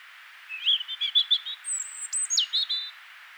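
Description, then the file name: European robin song: a fast warbling trill, a long thin very high whistle, then a short sliding note and a few brief notes ending the phrase. "Erithacus rubecula"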